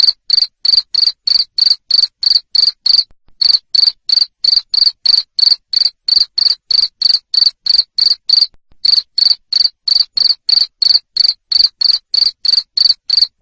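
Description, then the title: Cricket giving a long run of sharp, high chirps at roughly three per second, broken by two short pauses; no other sounds. Loud cricket chirping (jangkrik ngerik) played to stimulate lovebirds to sing continuously (ngekek). "Suara JANGKRIK NGERIK Keras Bikin LOVEBIRD Jadi NGEKEK Terus Vubey"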